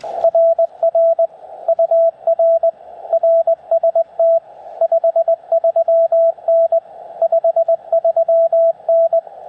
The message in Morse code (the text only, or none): RR UR RST 53N 53N